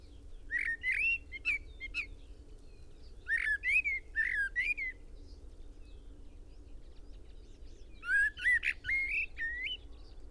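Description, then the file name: Common blackbird song in three phrases of varied mellow whistles and thin squeaky twitters, with pauses of a couple of seconds between them. "Turdus merula"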